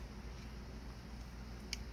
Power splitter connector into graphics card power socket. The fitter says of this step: all right make sure it clicks in okay which it did